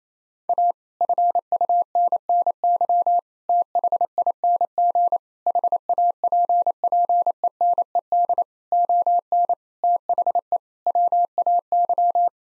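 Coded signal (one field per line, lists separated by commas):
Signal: Morse code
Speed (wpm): 28 wpm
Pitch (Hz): 700 Hz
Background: none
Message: A FUNNY THING HAPPENED ON THE WAY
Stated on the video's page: Head-copy drill of common 8-word groups at 28 wpm, each sent in Morse, then spoken, then sent again.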